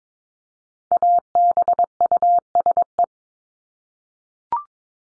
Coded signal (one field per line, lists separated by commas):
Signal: Morse code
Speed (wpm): 22 wpm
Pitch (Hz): 700 Hz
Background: none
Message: ABUSE